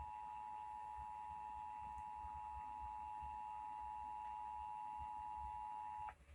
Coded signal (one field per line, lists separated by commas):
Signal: Emergency Alert System (SAME) tones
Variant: 853 and 960 Hz attention tone